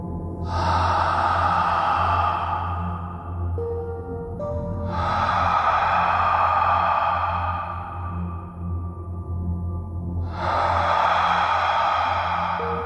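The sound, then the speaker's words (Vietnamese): Slow, heavy breathing: three long, rasping breaths swell and fade in turn over a low, steady droning hum, giving an eerie, unsettling feel. “Còn có một bữa khác, bạn nằm quay lưng chỗ vách thì nghe rõ cái tiếng thở.”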